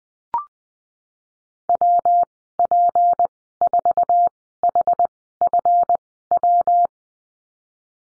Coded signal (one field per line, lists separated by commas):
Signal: Morse code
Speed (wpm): 20 wpm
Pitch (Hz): 700 Hz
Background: none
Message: WP4HFW